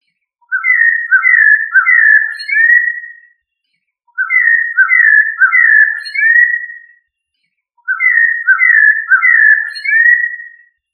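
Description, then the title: Thrush song: a whistled phrase of several rapid notes, repeated three times with silent pauses between. "Familia Turdidae - Sabia"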